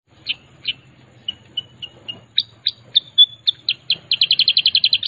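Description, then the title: Sooty-headed bulbul song of separate sharp chirps and short slurred whistles, speeding into a quick even series of bright repeated notes at the end, over a soft low hum. Lure song meant to make other bulbuls answer at once. "Masteran Kutilang Sutra. Pancingan Kutilang Sutra bikin kutilang lain langsung nyahut"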